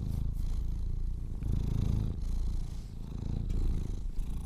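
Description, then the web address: Domestic cat purring as a continuous low rumbling throb that rises and falls with each breath, with light rustling and faint clicks over it. Kittens purring. "sleepandrelaxasmr. The Purring Kittens"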